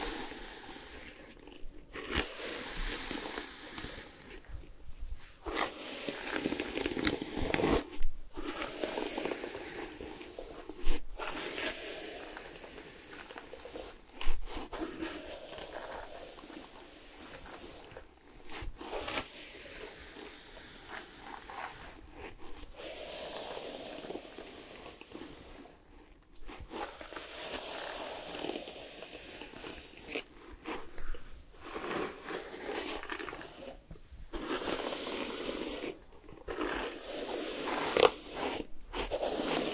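Makeup and hair styling sounds: steady, dense bursts of crisp brushing and rustling fill most of the clip. Short pauses break them every few seconds, each quickly followed by another long stroke. The scratchy sound stays bright and soft throughout.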